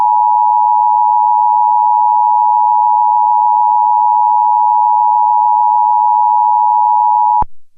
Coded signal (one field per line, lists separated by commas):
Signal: Emergency Alert System (SAME) tones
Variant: 853 and 960 Hz attention tone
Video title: EAS Test for Illinois